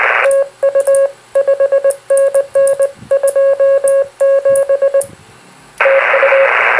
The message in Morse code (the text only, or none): TU 5NN 27 TU